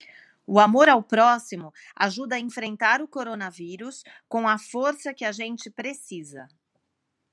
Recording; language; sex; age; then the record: spoken sentence; Brazilian Portuguese; female; 40 to 49 years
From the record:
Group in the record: control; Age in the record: 45 years